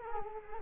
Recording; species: mosquito wingbeat signal from an infrared sensor; Culex quinquefasciatus